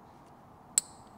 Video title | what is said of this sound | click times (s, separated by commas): Install an Arrow Exhaust System on a 2023 Vespa GTS 300 HPE2 EURO5 | nice little click | 0.8 s